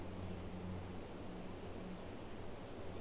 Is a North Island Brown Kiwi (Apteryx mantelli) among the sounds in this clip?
no